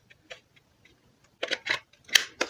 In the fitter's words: and it snaps into place there and then that whole housing